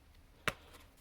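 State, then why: Partly seated. An aftermarket Rockford Fosgate Prime tweeter is pressed into the stock plastic tweeter opening in the dash of a 9th-gen Impala. A single sharp snap is heard at 0.5 s over quiet background. The tweeter seats only partly but fits snugly.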